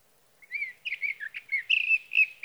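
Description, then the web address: Sage thrasher singing a hurried, continuous jumble of warbled notes, with no other sounds. "birdsongforthecurious Sage Thrasher"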